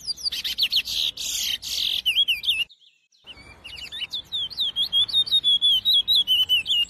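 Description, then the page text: Chestnut-bellied seed finch singing: loud harsh buzzy bursts, then a brief silence, then a fast run of clear slurred whistles rising and falling, repeated more than twice per second. "lucas passarinho CURIÓ (Sporophila Angolensis) #natureza #curiócantando"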